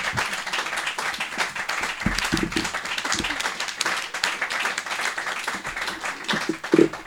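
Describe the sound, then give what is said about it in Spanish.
Sustained audience applause for a guest on a show, a dense crackle of many hands clapping at steady loudness for several seconds, with a few brief louder claps and whoops rising out of the wash. “Y un aplauso”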